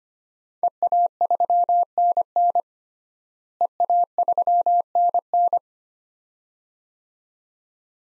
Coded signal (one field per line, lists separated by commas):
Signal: Morse code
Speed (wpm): 25 wpm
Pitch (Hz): 700 Hz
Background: none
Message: EA3NN EA3NN